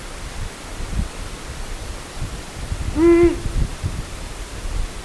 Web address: agykontroll Madardalok Cd 1. Uráli bagoly